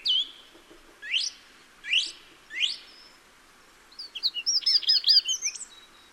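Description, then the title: Song thrush song: a whistled phrase, then three repeated rising notes, followed by a burst of varied chirping notes. Recorded in the Peak District during lockdown; described as the longest unbroken song ever heard from a thrush. "Thrush and wren, Peak District"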